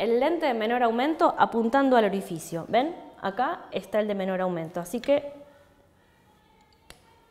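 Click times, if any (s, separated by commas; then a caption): 6.9 s. A woman talks for about the first five seconds while checking the revolving nosepiece of a microscope so that the lowest-power objective lens points at the stage opening. After a quiet stretch, the nosepiece detents and the objective clicks into position with a short, sharp click at 6.9 s, confirming it is seated.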